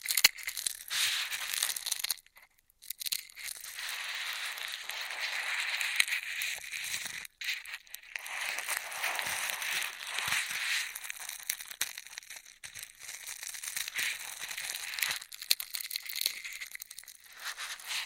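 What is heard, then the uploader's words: Bright crinkling and crackling of straws rustles almost continuously, breaking off briefly near two and seven seconds before resuming densely. ASMR Beat Your Immunity with Intense Straw Triggers (No Talking).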